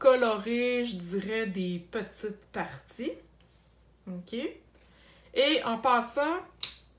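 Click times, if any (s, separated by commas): 6.6 s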